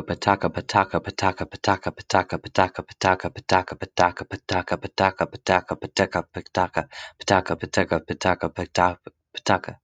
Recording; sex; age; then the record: repeated syllables /pa ta ka/; male; 30 to 39 years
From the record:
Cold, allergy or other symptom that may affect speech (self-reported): no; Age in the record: 31 years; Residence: Texas, United States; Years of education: 25